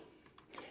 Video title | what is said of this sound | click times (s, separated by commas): Lego Hidden Side 70425 Newbury Haunted High School Review | and I believe you can, yes, it locks into place up in the bell tower. | 0.5 s